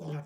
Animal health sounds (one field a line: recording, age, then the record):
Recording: pig call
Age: piglet (1 to 25 days)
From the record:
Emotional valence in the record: negative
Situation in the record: short isolation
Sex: male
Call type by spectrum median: low-frequency call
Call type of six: low-frequency stable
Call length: 0.26 s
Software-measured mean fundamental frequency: 51 Hz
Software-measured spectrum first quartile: 153 Hz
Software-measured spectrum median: 252 Hz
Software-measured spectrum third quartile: 596 Hz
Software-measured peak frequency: 160 Hz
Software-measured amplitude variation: 89 dB a second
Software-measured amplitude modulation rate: 19.5 a second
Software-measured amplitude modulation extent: 4.6 dB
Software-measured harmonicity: 5.3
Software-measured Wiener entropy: -0.45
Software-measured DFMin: 1647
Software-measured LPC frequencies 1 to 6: 1411, 2393, 3237, 5404, 7502, 8833 Hz